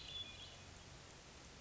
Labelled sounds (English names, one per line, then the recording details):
Hermit Thrush
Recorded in Sonoma County, California